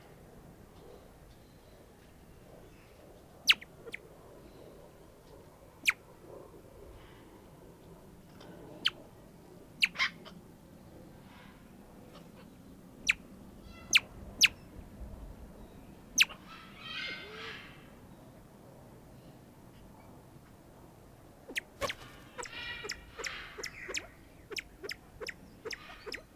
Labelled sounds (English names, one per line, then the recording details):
Crested Fireback call
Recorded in captivity
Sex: pair
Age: adult
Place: Zoo Halle, Sachsen-Anhalt, DE
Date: 1987-04-11 12:00
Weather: heiter, 7-10°C
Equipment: Nagra SN, Kopie Tesla B 116
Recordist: Tembrock, Günter
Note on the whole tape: Männchen und Weibchen im Wechsel